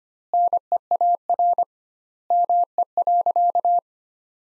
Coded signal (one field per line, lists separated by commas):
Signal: Morse code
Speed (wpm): 25 wpm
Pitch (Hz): 700 Hz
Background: none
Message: NEAR ME.